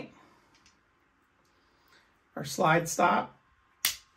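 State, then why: Partly seated. Someone talks while the slide stop pin is pushed back into the frame of a Browning Hi Power pistol during reassembly. A sharp snap is heard at 3.9 s, but the slide stop is not yet fully inserted.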